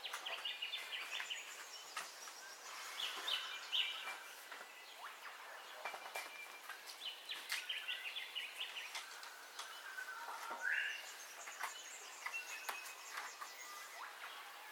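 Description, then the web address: Birds: bird chorus at dawn, dense overlapping chirps and whistles throughout with scattered clicks and a rising call partway through. Dawn ambience of bird calls, recorded in stereo. "Sound Effects-Foundation Updates AMBIENCE DAWN BIRDCALLS 04 STEREO"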